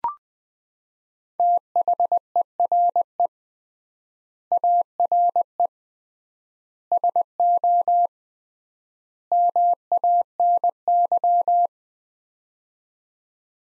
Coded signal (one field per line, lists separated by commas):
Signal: Morse code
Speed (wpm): 20 wpm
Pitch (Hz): 700 Hz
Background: none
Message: THERE ARE SO MANY